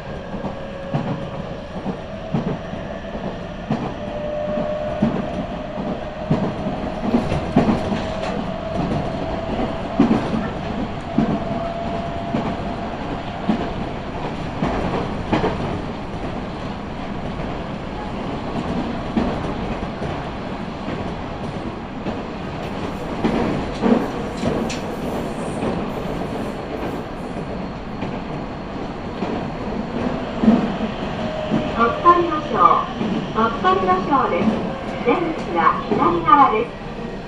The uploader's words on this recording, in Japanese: 耳で楽しむ鉄道旅 南海電鉄南海線 普通 泉佐野→箱作。